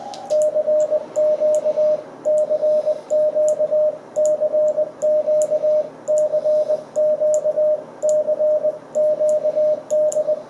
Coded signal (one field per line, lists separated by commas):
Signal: Morse code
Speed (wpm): 20 wpm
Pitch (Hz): 610 Hz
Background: radio noise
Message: CQ CQ CQ CQ CQD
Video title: CW QSO with UY7LA 16 01 2022